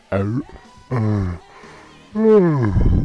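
A person bored by the long, tedious film Brokeback Mountain makes three drawn-out, loud yawning vocalizations, the pitch sliding as each one stretches; the last yawn is the longest and loudest, ending in a breathy rumble.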